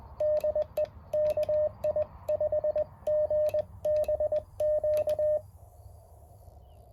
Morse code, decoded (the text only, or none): DE KI5GBQ